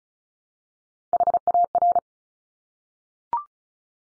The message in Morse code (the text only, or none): HAR